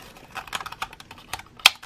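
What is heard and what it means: The last plastic male-peg part is pushed into the socket of an SH Figuarts Majin Buu action figure. Soft, scattered plastic clicks and taps build up, then a sharp, loud snap at 1.7 s. The peg seats in the figure.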